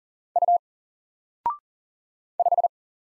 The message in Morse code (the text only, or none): U 5